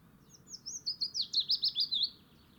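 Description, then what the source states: Willow warbler song: a few thin opening notes swelling into a fluent, descending phrase of sweet slurred notes. Adult bird, singing.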